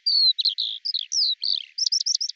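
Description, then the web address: Eurasian skylark song fragment, a pure high whistle followed by quick warbled notes and a brisk series of repeated chirps. "cianscape birddata Deverinetal 2025 Bird Al Ar"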